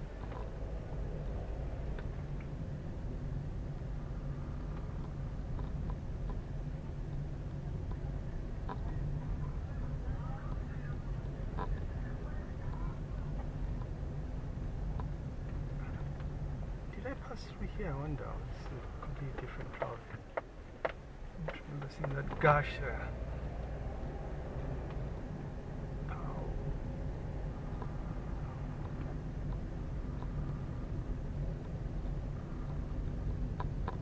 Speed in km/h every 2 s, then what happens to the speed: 14, 16, 15, 15, 15, 15, 15, 15, 9, 6, 5, 13, 17, 18, 18, 17, 17.
0-14 steady at about 15. 14-20 slows to 5. 20-24 speeds up to 17. 24-34 steady at about 17.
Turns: none.